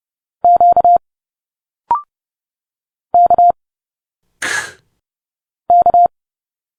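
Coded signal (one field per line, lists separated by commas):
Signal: Morse code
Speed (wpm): 30 wpm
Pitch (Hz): 700 Hz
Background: none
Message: Q K K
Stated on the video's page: Morse code letters A to Z at 30 wpm, an instant character recognition drill linking Morse sounds directly to speech sounds.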